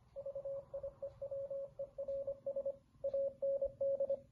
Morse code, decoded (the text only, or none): VIEWERS AND